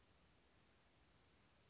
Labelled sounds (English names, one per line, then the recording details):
Western Flycatcher
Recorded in Sonoma County, California